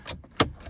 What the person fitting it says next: That snaps into place.